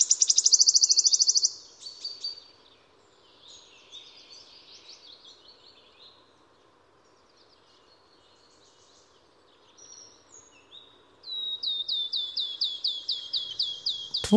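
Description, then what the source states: Wood warbler song: a high shivering trill, then quieter varied phrases, and finally a run of sharp repeated notes. Two quite different song strophes from the same species.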